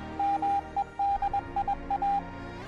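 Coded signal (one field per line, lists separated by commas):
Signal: Morse code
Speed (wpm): 21 wpm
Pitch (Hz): 800 Hz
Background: music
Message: MEDIA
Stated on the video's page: Morse received through a QRM Eliminator, which cancels local noise using phase and gain control between a main and an auxiliary antenna.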